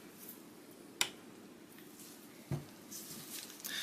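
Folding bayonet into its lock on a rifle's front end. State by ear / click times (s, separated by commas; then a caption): not seated / none. The folding bayonet of a 1970 Albanian SKS rifle is handled at the rifle's front end along with its cleaning rod, giving metal-on-metal contact with a sharp click at 1.0 s, a duller knock near 2.5 s and a smaller tap at 3.7 s. The bayonet does not lock into place because the cleaning rod is not recessed far enough, so nothing has seated or clicked home yet.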